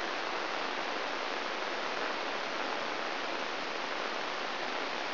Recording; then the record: brain microelectrode recording played as sound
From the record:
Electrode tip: inside the subthalamic nucleus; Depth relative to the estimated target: 1 mm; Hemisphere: left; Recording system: AlphaMap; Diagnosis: Parkinson's disease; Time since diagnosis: 13 years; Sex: male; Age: 63 years